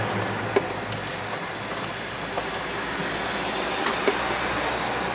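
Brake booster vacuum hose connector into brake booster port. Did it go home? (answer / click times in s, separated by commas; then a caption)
no / none. The new brake booster vacuum hose connector on a VW Polo is handled at its port on the brake booster as part of a fix for a vacuum leak causing a rough, high idle. A steady broadband hum runs throughout, broken by a few short, sharp ticks around 0.6, 1.1, 2.4 and 4.1 seconds. Nothing has seated or clicked yet.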